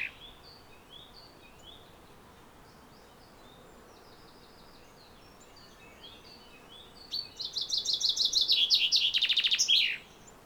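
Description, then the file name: Common chaffinch song: faint scattered chirps at first, then one loud phrase of quick repeated notes ending in a fast flourish. "Fringilla coelebs"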